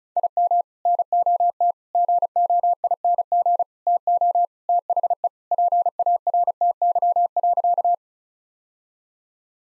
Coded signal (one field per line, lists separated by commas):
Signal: Morse code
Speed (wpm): 36 wpm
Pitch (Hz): 700 Hz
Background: none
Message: IM NOT GOING TO THE PARTY.